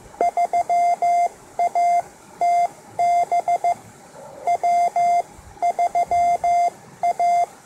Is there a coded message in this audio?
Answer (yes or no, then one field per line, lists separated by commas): yes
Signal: Morse code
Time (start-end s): 0.2-7.4 s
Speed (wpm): 15 wpm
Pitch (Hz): 700 Hz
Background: none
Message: 3ATB W3A